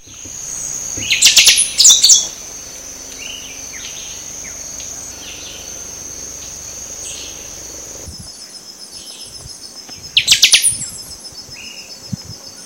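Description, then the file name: Buffy-fronted seedeater song: two short bursts of high, rapid chirping notes near the start and another burst near ten seconds, over a steady high insect-like hiss. Recorded at Itanhaém, São Paulo, Brazil, on 31 October 2014. "Sporophila frontalis. RPreto-Itanhaem SP-BR-31-10-14-ASilveira"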